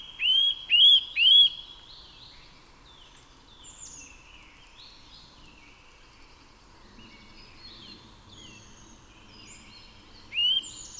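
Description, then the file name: Eurasian nuthatch giving three loud, upward-hooked whistled calls in quick succession, then a single call near the end, with faint calls of other birds between. "Sitta europaea"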